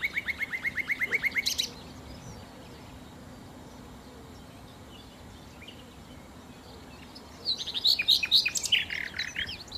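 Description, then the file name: Common nightingale song: a rapid series of repeated piping notes, a pause, then a loud, rattling, varied phrase. "Nachtigall"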